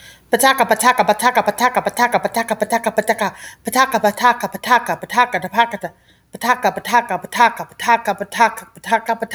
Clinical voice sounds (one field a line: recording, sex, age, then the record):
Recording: repeated syllables /pa ta ka/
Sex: female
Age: 30 to 39 years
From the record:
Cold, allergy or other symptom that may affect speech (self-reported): no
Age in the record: 33 years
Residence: Nevada, United States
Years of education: 16